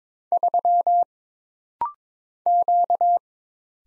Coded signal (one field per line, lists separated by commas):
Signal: Morse code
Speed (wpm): 22 wpm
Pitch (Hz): 700 Hz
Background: none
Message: 3 Q